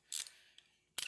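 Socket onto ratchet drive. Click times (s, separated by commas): 1.0 s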